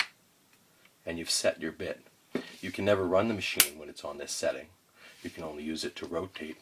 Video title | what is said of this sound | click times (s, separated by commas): Hilti, Yemen Nasser Ali Ziad Building،, شارع القصر، صنعاء، اليمن +967 1 275 238 https://goo.gl | i then tend to turn it to my hammer function and then you'll hear a static click when you rotate it | 0.0 s